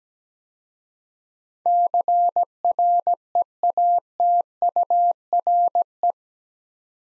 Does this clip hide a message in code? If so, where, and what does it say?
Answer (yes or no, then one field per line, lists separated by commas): yes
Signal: Morse code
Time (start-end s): 1.7-6.1 s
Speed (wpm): 17 wpm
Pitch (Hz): 700 Hz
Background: none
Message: CREATURE